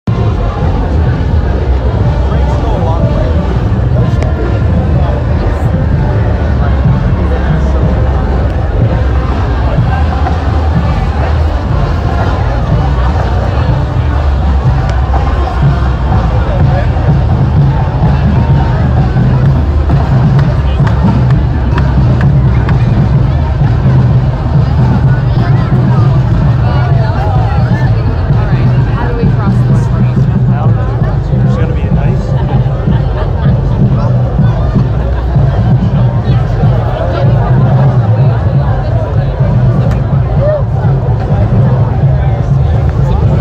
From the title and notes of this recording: The annual Greenwich Village Halloween Parade returned in person this year with a wide array of colorful costumes and a great deal of merry noise.